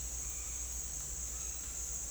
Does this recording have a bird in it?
yes